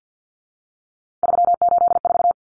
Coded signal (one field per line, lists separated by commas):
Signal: Morse code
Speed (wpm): 50 wpm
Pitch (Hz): 700 Hz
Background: none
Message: 384